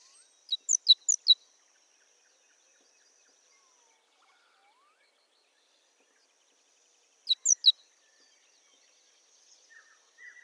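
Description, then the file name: Great tit calls, two short bursts of sharp, high, clipped notes several seconds apart, with faint softer chirps near the end. "Parus major"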